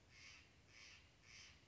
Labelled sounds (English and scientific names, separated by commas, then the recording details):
Steller's Jay (Cyanocitta stelleri)
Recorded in Sonoma County, California